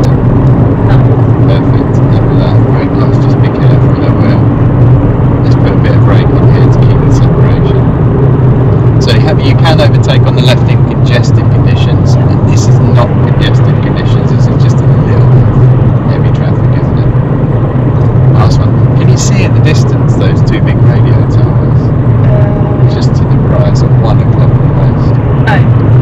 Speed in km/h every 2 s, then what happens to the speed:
79, 81, 77, 72, 68, 68, 68, 69, 69, 69, 69, 69, 69.
2-8 slows to 68. 8-26 steady at about 69.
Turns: none.